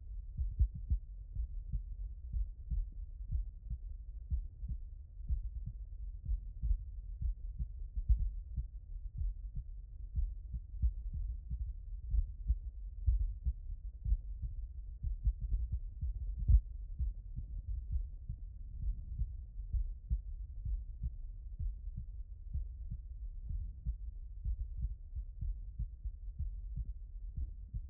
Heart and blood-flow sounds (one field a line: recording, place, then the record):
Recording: heart sounds by stethoscope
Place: mitral valve (MV)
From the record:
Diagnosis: non-HFrEF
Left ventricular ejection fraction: 48%